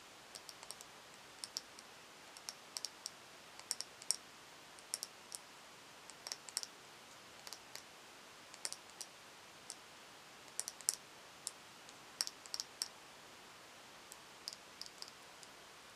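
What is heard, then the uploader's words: Sharp tapping on products comes in small clusters of quick clicks, spread irregularly across the whole stretch, roughly one or two bursts per second with brief gaps. Each tap is crisp and bright. Underneath, a soft steady hiss fills the background. In this episode I will be "unboxing" my beauty bag and tapping on each product. Tapping & Crinkling Sounds - Crumpling, Tapping.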